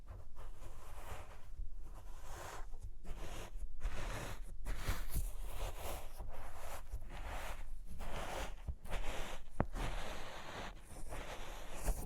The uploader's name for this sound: Experimental Triggers in Test Tubes